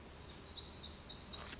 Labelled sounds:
Black-throated Gray Warbler

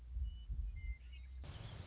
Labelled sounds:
Western Meadowlark

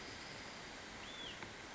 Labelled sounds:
Hutton's Vireo

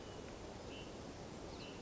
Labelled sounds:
Hutton's Vireo

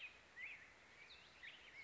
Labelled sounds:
Black-headed Grosbeak

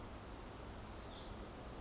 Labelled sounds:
Pacific Wren

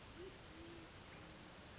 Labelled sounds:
Band-tailed Pigeon

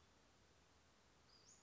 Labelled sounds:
Western Flycatcher

